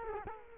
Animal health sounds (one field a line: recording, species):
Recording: mosquito wingbeat signal from an infrared sensor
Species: Culex quinquefasciatus